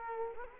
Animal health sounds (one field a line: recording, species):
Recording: mosquito wingbeat signal from an infrared sensor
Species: Culex quinquefasciatus